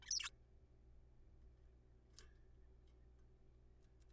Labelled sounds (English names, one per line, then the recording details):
Zebra Finch
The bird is a juvenile
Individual R3428